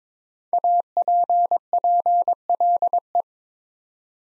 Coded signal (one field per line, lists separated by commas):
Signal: Morse code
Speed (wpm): 22 wpm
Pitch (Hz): 700 Hz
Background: none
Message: APPLE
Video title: Easy Words with Hints - 22wpm